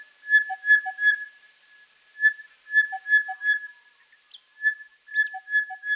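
Crested bellbird song: clear whistled notes at an even pitch with brief lower double notes, phrases separated by short pauses.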